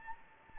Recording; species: mosquito wingbeat signal from an infrared sensor; Anopheles gambiae